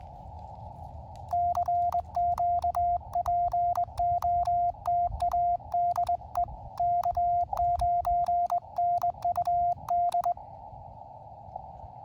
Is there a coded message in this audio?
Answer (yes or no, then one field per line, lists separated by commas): yes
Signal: Morse code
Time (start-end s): 1.3-10.3 s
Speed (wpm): 20 wpm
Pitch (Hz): 700 Hz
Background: none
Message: CQ POTA DE K9NUD